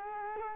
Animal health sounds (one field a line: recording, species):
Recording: mosquito wingbeat signal from an infrared sensor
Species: Culex quinquefasciatus